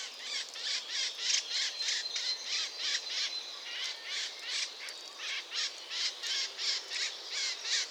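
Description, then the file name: Eurasian blackcap uttering a run of rough, buzzy call notes roughly three each second, fairly even in loudness, with a thin whistle behind. "Sylvia atricapilla"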